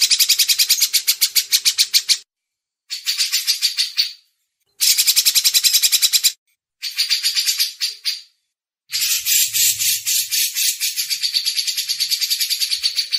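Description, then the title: Grey-cheeked bulbul giving harsh, buzzy chattering bursts of rapid pulses, separated by short silent gaps. Masteran training audio. "MASTERAN CUCAK JENGGOT"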